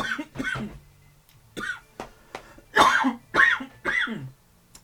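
About eight harsh, irregular coughs and throat-clears from an adult man: a reflex choking cough after something went down the wrong pipe.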